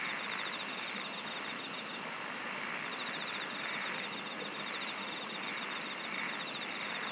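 Insects singing in a dense, steady chorus, with rapid pulsed chirp trains running high above a hissing wall of sound; two sharp clicks in the second half.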